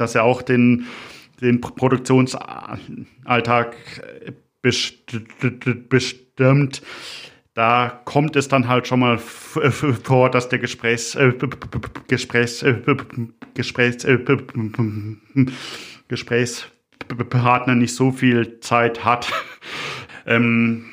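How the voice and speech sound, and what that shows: An adult man who has stuttered all his life speaks German with stuttering: he repeats a word four times in a row, broken by pauses before he can move on, restarts another word after a short block, and fills gaps with 'äh' and 'ähm'.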